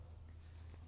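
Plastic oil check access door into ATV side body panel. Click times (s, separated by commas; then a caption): 0.7 s. A plastic oil-check access door on the side body panel of a 2021 Sportsman 570 Touring ATV has its tabs set in and is pushed down until it clicks shut. Over a steady low hum, two short clicks sound at 0.7 s and 0.7 s (0.74 s), and the door is seated closed.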